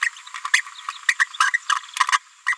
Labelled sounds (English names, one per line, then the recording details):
Green-rumped Parrotlet babbling
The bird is a female
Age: 30 days
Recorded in a nest box in Venezuela
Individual 17B73B2